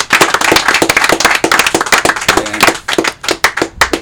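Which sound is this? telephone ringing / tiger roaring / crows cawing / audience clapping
audience clapping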